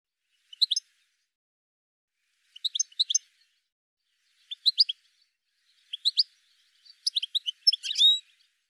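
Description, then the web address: Bird giving high, clipped chirps in quick clusters about every one to two seconds, ending in a denser, longer burst. "cianscape birddata"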